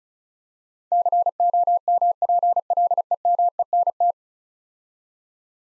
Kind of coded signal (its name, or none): Morse code